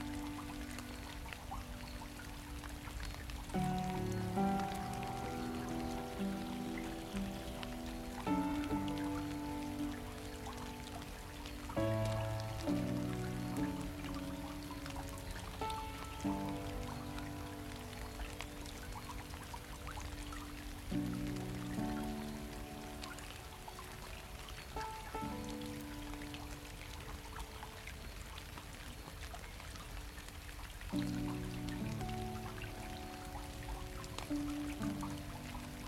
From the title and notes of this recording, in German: Der beruhigende Klang des REGENS im WASSER EINES BACHES und MUSIK. In dieser Episode lassen Sie sich von dem beruhigenden Klang des Regens in einem Bach begleitet von sanfter und entspannender Musik mitreißen.